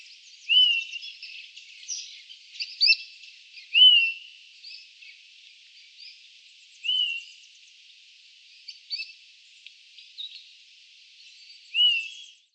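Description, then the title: Bird singing high, thin phrases of quick chirps and clear upslurred whistles, repeated every few seconds with pauses between, over faint hiss. "LuckyPassaro Completos2Sama"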